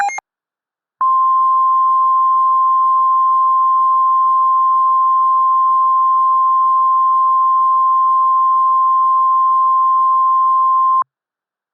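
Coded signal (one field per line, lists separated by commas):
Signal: Emergency Alert System (SAME) tones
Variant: 1050 Hz attention tone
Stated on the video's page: Fictional EAS scenario depicting a severe weather outbreak in central Alabama.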